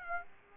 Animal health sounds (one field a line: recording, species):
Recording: mosquito wingbeat signal from an infrared sensor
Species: Aedes aegypti